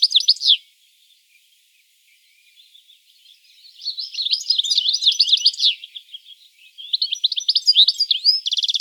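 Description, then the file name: European goldfinch twittering: a short burst, a near-silent gap, then fast, jangling chirps and trills in long lively runs to the end. "Carduelis carduelis"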